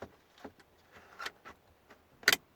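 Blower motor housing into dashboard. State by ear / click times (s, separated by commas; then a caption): seated / 2.3 s. A blower motor housing is refitted into a dashboard and pushed in, with a few faint knocks and rustles of handling. Two sharp, loud clicks land close together at about 2.3 s as it seats.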